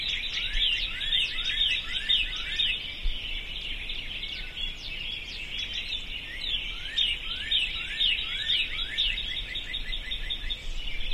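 Birds singing together, quick bursts of high chirps and slurred whistles swelling and easing in waves over faint low noise.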